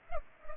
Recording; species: mosquito wingbeat signal from an infrared sensor; Culex pipiens